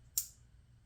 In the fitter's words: There's our click. It's plugged in.